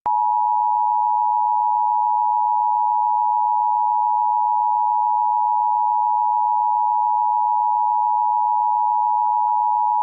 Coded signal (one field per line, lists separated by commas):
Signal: Emergency Alert System (SAME) tones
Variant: 853 and 960 Hz attention tone